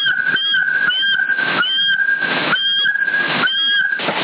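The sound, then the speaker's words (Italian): A person whistles into a CB radio in Sassari to test the modulation: four long, steady high whistled tones with small upward and downward slides, each broken off by a short burst of hissing static, with a constant noisy background. “Prova un po', fischia, fai rumore.”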